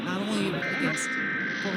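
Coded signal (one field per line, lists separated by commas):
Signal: Emergency Alert System (SAME) tones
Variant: end-of-message bursts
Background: speech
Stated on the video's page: Weekly EAS tests.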